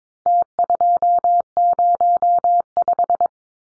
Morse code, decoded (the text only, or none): T205